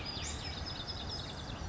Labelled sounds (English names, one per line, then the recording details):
Western Flycatcher
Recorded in Sonoma County, California